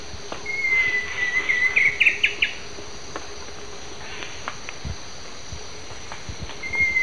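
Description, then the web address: Ocellated Woodcreeper song, a long level whistled note breaking into a quick series of sharp notes, another begins near the end, over steady insect hiss. Eastern lowlands of South America. "Natures Songs S America Eastern Lowlands. Xiphorhynchus ocellatus"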